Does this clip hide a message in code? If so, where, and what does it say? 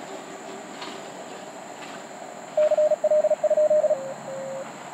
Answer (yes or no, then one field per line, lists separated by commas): yes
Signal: Morse code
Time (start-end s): 2.6-3.9 s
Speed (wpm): 40 wpm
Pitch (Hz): 610 Hz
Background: none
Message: CL?